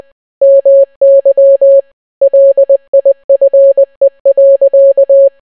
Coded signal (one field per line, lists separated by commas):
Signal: Morse code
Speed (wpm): 20 wpm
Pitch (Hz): 550 Hz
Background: none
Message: MY LIFE.